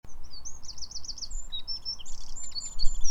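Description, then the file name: Eurasian wren giving high, thin, rapid notes and short trills that run on for three seconds, over a steady low rumbling background noise. "Troglodytes troglodytes"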